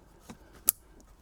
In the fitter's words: that's that, it's connected.